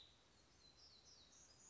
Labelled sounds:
Black-throated Gray Warbler
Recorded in Sonoma County, California

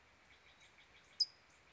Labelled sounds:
California Towhee
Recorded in Sonoma County, California

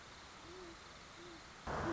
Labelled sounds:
Great Horned Owl
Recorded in Sonoma County, California

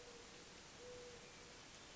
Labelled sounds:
Mourning Dove
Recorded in Sonoma County, California

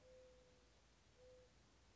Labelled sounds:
Mourning Dove
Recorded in Sonoma County, California

